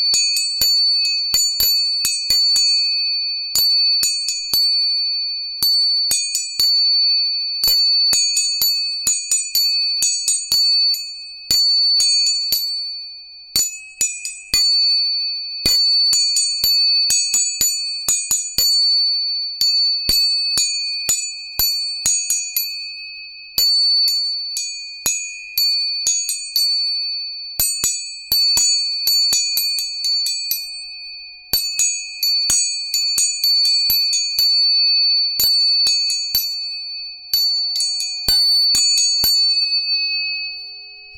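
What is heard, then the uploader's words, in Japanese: Metal tuning forks are struck over and over in quick bursts of taps, each hit a bright click followed by clear, pure high tones that keep ringing underneath. The strikes come in clusters with brief pauses, and a fainter lower tone hums throughout. 音叉チューニング3本。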